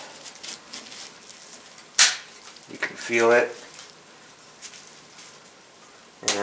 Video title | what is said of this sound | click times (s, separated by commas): Replacing Conductor Plate on Mercedes Benz 5 Speed 722.6 Automatic Transmission | if both of those are Al line it should snap in place without creating any problems you can | 2.0 s